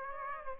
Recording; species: mosquito wingbeat signal from an infrared sensor; Aedes aegypti